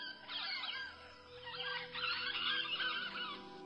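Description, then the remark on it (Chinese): A Carolina parakeet, a species extinct since 1918, gives shrill, raspy calls that chatter almost without pause, rising into a denser burst of overlapping squawks halfway through, loud and unaccompanied by any voices. “卡罗莱纳鹦鹉于1918年灭绝”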